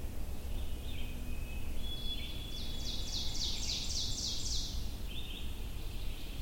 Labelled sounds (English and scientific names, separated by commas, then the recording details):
Ovenbird (Seiurus aurocapilla) song
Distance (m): 35 m
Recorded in boreal forest in Alberta, Canada, on 22 June 2016 at 05:45
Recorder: SongMeter 3, array SBT-6-76
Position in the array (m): 145 m, 109 m
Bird 3